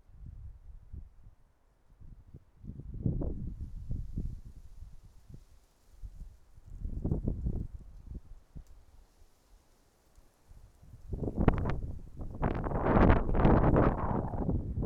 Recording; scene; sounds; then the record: everyday scene through a hearing-aid microphone; wind on the microphone; wind, traffic, birds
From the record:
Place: suburban garden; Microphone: behind the ear, right, front